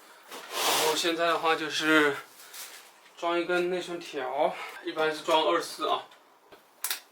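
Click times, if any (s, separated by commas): 6.8 s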